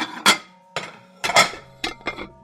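At midnight, bowls and dishes clink together in a handful of sharp, ringing knocks, some in quick pairs, with short pauses between, each leaving a bright lingering tone. No voices.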